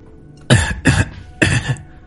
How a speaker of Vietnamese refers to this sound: Trong địa lao không quá âm u, thủ lĩnh ám các chậm rãi thức tỉnh, nhẹ giọng ho khan. Từ giọng nói của hắn có khả năng nghe ra tình huống hiện tại của hắn thật không tốt, khí tức có chút hỗn loạn.